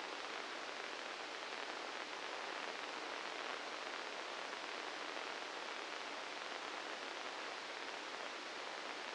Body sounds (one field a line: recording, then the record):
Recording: brain microelectrode recording played as sound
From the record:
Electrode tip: inside the subthalamic nucleus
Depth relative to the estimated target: 1 mm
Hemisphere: left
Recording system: NeuroSet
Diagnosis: Parkinson's disease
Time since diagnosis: 9 years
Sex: male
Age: 61 years